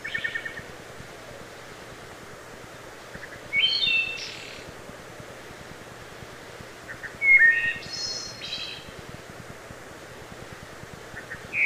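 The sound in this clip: Wood thrush singing flute-like phrases about every four seconds, each a few low liquid notes followed by a shimmering high trill, with quiet gaps and faint steady hum.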